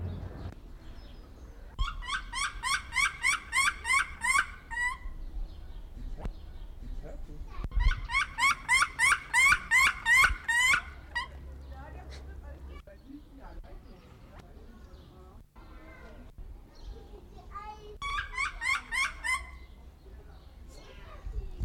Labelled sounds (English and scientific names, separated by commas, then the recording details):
Bush Dog (Speothos venaticus)
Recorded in captivity
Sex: male
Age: adult
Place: Zoo Berlin, Berlin, DE
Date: 1994-04-16 13:30
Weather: heiter, 7-12°C
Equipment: Marantz CP 430, Sennheiser ME 80, Kopie Uher Variocord 263
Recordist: Tembrock, Günter
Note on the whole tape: Männchen (der kleinere braune): Bellstrophen, geschnitten unregelmäßig, aber alle Strophen aufgenommen: von 13.30 bis 14.26